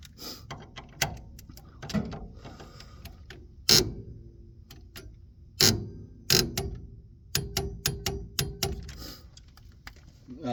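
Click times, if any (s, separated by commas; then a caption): 3.7 s, 5.6 s, 7.9 s. A click-type torque wrench tightens a fastener on a 1954 Mercury Monterey disc brake conversion, with lighter ticking and ratcheting between sharp metallic clicks. The wrench clicks at its setting at 3.7 s, 5.6 s and 7.9 s, the three clicks separated by short pauses, confirming the fastener reached its set torque.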